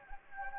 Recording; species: mosquito wingbeat signal from an infrared sensor; Anopheles gambiae